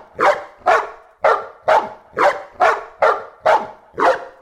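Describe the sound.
Dog barking: loud, evenly spaced single barks, about two per second, nine barks in a steady repeating rhythm.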